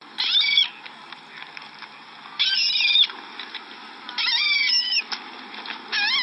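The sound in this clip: Bird giving short bursts of harsh, chattering calls with squeaky rising notes, about four bursts separated by quiet gaps of about one to two seconds.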